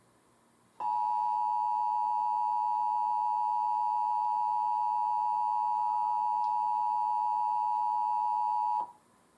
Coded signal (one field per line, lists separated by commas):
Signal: Emergency Alert System (SAME) tones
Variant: 853 and 960 Hz attention tone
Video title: Emergency Alert System - National Periodic Test (8/11/2021)